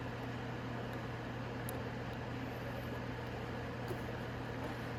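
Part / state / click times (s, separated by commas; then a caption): turn signal wire connector into the motorcycle's wiring harness connector / seated / 1.7 s. On a Venom X22R 250cc motorcycle, the orange wire of a new rear turn signal is pushed into the matching orange plastic bullet/spade connector inside the rubber boot of the wiring harness. Under a steady low hum, a short, sharp click at 1.7 s marks the connector seating. No one talks.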